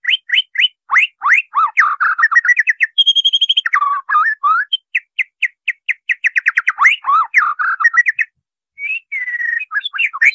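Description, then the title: White-rumped shama song: rapid series of sharp repeated notes, chattering runs, a sustained high pure whistle, and melodious varied phrases, nearly continuous. White-rumped shama song used as a training recording for caged birds. "MURAI BATU LABAIK"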